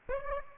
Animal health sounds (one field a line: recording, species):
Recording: mosquito wingbeat signal from an infrared sensor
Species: Aedes aegypti